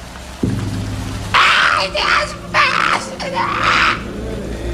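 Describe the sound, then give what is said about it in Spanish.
Three loud, shrill screams from inside a hut, in quick succession, each lasting under a second, rising over a steady low rumbling drone that starts just before them and continues throughout. “Al llegar, oyeron gritos desde adentro de la choza.”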